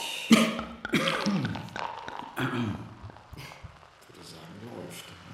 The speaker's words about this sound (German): Husten und Lachen.